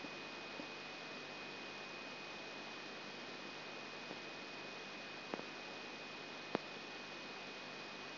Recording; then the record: brain microelectrode recording played as sound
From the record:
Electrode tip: outside the subthalamic nucleus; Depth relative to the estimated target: -4 mm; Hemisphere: left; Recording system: AlphaMap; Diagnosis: Parkinson's disease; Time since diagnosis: 12 years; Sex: female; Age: 47 years